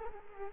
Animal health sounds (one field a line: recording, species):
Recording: mosquito wingbeat signal from an infrared sensor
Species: Culex quinquefasciatus